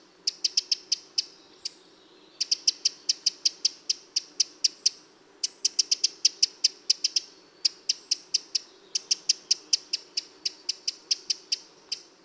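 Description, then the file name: Eurasian wren delivering long, rapid series of hard clicking ticks, several bursts separated by short pauses. "Troglodytes troglodytes"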